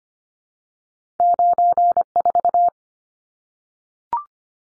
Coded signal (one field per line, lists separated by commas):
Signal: Morse code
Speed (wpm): 25 wpm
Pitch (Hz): 700 Hz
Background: none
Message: 94